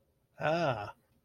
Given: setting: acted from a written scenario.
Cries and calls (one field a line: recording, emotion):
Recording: vocal sound without words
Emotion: relief